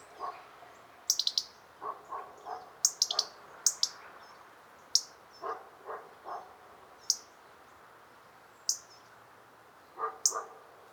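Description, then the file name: European robin giving sharp, very high ticking notes in short clusters, with softer low thuds between them, over a steady background hiss. "Erithacus rubecula"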